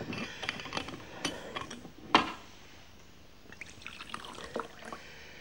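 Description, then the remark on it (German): Whisky poured into a glass: a quick series of soft liquid drips and splashes, with one sharper clink or splash midway, then lighter trickling and faint ticks toward the end. “Ich goss ihm ein Glas von seinem Whisky ein und reichte es ihm.”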